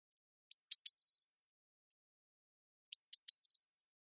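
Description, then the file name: Eurasian blue tit song, two phrases, each a high drawn-out note falling into a rapid trilled run. "Cyanistes caeruleus"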